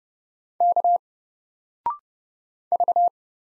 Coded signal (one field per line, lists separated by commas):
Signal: Morse code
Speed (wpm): 30 wpm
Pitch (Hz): 700 Hz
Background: none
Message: K V